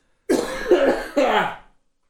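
Two harsh, throaty coughs from an adult man in quick succession in a small room, a brief coughing fit, not from illness but after eating popcorn.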